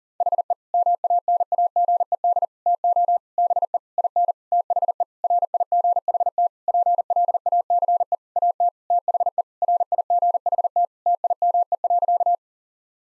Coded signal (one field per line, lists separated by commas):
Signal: Morse code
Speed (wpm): 40 wpm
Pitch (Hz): 700 Hz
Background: none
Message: HE MANAGED TO BE IN THE RIGHT PLACE AT THE RIGHT TIME.